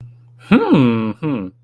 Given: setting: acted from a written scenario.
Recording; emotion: vocal sound without words; interest